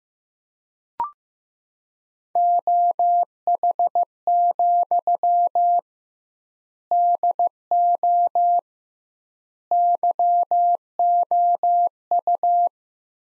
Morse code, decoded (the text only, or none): OH, DO YOU